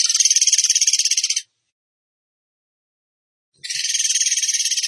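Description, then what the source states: Bird song with two rapid, high, buzzy trills, each over a second long, separated by about two seconds of quiet. Masteran song in the tembakan gacor style.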